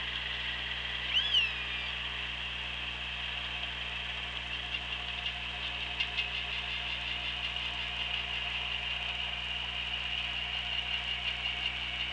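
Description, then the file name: Killer whale giving one brief rising-then-falling whistled call near the start, over steady underwater hiss and low hum. Recorded on the OrcaLab hydrophone, 24 August 2017, 16:19:58. "Orca Lab UTLN JASON 20170824 161958"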